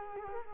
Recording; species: mosquito wingbeat signal from an infrared sensor; Culex quinquefasciatus